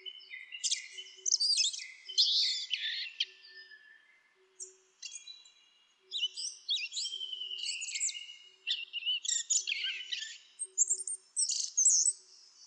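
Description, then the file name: Asian brown flycatcher song: high, thin twittering phrases of quick chirps and short trills, in bursts with brief pauses, plus a faint low ticking in the background. "sikatan bubik"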